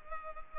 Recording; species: mosquito wingbeat signal from an infrared sensor; Culex pipiens